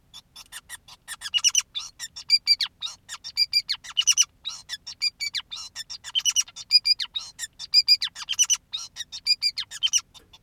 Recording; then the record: song of a male Bengalese finch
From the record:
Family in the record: son of father 2, and himself father 5